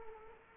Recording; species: mosquito wingbeat signal from an infrared sensor; Culex quinquefasciatus